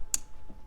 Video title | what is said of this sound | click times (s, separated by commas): Review: Civivi Altus! Sleek, Smooth, and Pointy | you can see that plunge lock how it locks into place is | 0.1 s